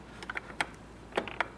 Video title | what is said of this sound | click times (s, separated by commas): Pfaff Coverlock 3.0 - Part 3: Converting to Coverstitch, sewing a sleeve hem | and click into place | 0.6 s